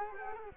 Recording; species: mosquito wingbeat signal from an infrared sensor; Culex quinquefasciatus